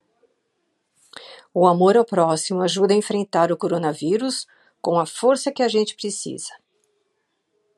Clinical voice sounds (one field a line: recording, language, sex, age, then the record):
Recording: spoken sentence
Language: Brazilian Portuguese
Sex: female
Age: 70 to 79 years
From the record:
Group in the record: control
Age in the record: 70 years